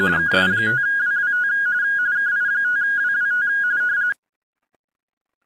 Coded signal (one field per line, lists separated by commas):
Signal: RTTY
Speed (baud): 45.45 baud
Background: speech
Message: KI5WWT KI5WWT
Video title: Weekly RTTY Contest 4-30-2026